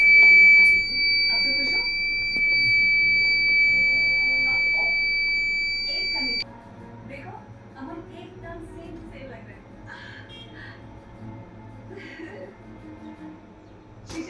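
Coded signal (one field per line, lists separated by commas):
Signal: beep code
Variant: Kent RO water purifier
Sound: one continuous high-pitched beep lasting about six seconds, then it stops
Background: people talking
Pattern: 1 long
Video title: Kent RO beep sound problem #waterpurifier chowk reset #water #automobile #electronic #aquaguard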